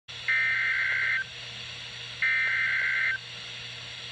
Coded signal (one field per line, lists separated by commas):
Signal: Emergency Alert System (SAME) tones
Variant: header bursts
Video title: PA Required Monthly Test (1/24/19)